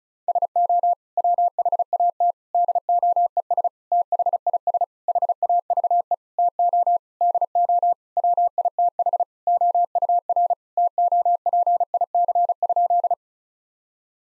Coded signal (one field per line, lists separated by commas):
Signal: Morse code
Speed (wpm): 36 wpm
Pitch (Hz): 700 Hz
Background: none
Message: SO WHAT DOES THIS HAVE TO DO WITH OUR TOPIC?